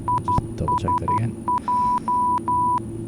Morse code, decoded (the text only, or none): ISJ